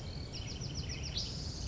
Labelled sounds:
Bewick's Wren
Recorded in Sonoma County, California

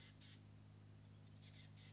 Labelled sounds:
Chestnut-backed Chickadee
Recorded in Sonoma County, California

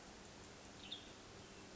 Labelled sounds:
Western Tanager
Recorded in Sonoma County, California

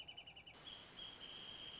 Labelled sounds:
Wrentit
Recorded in Sonoma County, California

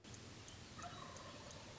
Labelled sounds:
Wild Turkey
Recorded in Sonoma County, California

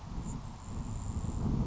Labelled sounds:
Grasshopper Sparrow
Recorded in Sonoma County, California

